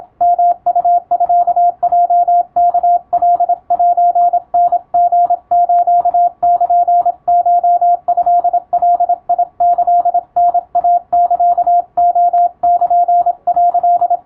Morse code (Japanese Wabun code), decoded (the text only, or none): ヨウミヲワカセタリスルコトガキタイサレル」